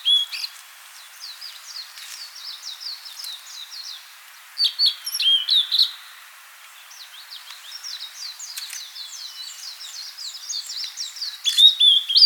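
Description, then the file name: Blue-and-white flycatcher song: long, rapid trains of short high downslurred notes, broken by louder whistled bursts. "Cyanoptila cyanomelana"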